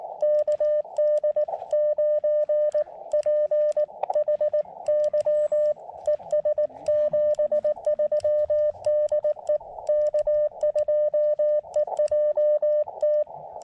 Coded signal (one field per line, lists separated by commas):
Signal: Morse code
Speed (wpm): 18 wpm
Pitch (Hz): 590 Hz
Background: none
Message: KD9PHY ES 73 DE K2EJT